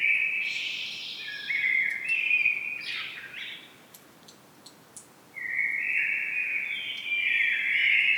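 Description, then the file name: Common blackbird singing a mellow, fluty phrase ending in a squeaky high flourish, a short gap, then another long whistled warble. "Turdus merula"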